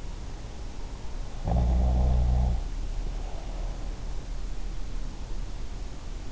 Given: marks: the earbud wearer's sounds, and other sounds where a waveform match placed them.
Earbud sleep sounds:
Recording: sounds in sleep by an in-ear microphone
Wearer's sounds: snoring breath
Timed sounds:
1.30-3.78 s: snoring breath

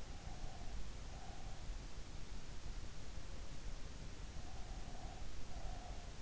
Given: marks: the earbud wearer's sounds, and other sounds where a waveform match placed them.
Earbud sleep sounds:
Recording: sounds in sleep by an in-ear microphone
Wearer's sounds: breath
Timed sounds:
0.08-1.70 s: breath
4.28-6.16 s: breath

